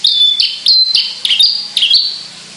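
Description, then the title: Javan bush lark song, a rapid run of high chirps and clear whistled notes, each sliding briefly, packed into under three seconds. Sundul langit, the skyward song flight. "Branjangan Sundul Langit"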